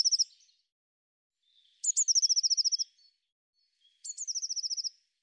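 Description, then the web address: Eurasian blue tit singing three phrases, the first cut off at the start and the other two opening with high piercing notes and running into a rapid silvery trill, separated by pauses of about a second. "cianscape birddata Deverinetal 2025 File cleaned normalized Bird Cy Ca"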